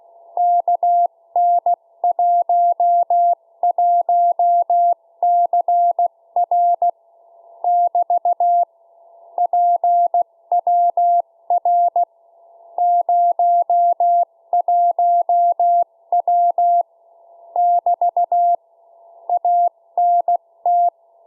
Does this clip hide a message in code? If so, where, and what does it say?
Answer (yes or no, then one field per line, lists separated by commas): yes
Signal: Morse code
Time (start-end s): 0.4-20.9 s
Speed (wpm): 16 wpm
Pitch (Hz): 700 Hz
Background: none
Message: KN11CR <BT> PWR 01W <BT> ANT